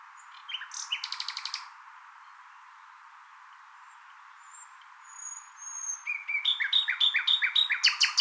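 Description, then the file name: Common nightingale singing a rapid rattling trill, pausing with faint thin whistles, then resuming with a longer phrase of quick repeated chirping notes. "Luscinia megarhynchos"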